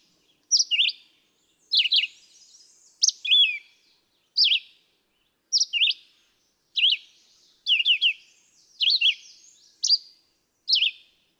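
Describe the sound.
Red-eyed vireo singing about eleven quick, varied phrases with short pauses between.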